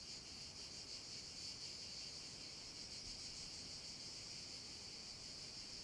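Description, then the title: Cicadas give a continuous high, pulsing buzz, steady throughout. Cicadas in an abandoned quarry, with wind; recorded with a Zoom H6 and MS capsule. "Cava abbandonata - Vento e cicale nella cava"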